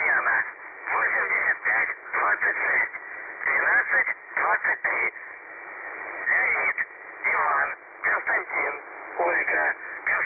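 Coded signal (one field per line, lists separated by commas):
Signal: numbers station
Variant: UVB-76 voice message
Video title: The Buzzer/UVB-76 Voice Message (December 2, 2020 10:59 UTC)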